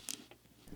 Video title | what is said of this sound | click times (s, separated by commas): Can the Google Pixel 8 Pro even Survive 7 YEARS?! - Durability Test! | Before we get too deep into the durability test though, I want to make sure the side buttons get clicked back into place so we don't lose them. | 0.1 s